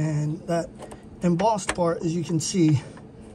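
Someone talks while handling the embossed mounting clip of a RAV4 side step (running board) before pushing it into a hole in the vehicle body. Nothing has seated or clicked yet.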